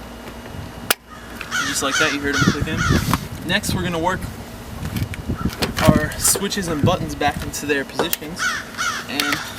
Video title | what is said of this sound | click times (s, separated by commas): Install Window Regulator & Motor for Buick | just gonna stick them down until it snaps in | 0.9 s